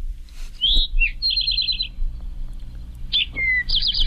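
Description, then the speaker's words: Eastern towhee song: clear whistled notes followed by rapid trilled series, two phrases a couple of seconds apart, with faint background hum. Also called rufous-sided towhee; song is rendered as drink your tea. "That's the eastern towhee, which I've also heard called the rufous-sided towhee."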